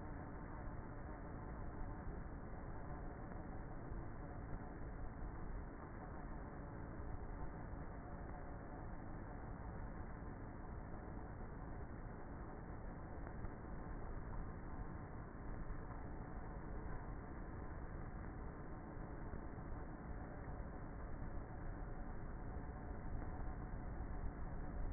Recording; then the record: honeybee colony, microphone inside the hive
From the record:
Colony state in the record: queenless with a low population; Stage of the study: before two queens were removed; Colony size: about 30,000 bees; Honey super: no